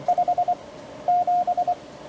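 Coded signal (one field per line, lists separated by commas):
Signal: Morse code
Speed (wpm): 20 wpm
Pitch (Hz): 710 Hz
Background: radio noise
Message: 57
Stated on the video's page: POTA CW callsign copy practice; station uses TR45L Skinny, MC-750 vertical whip with four radials, Palm Radio Pico key, battery power.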